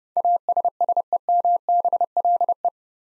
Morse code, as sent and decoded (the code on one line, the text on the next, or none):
.- ... ... . -- -... .-.. .
ASSEMBLE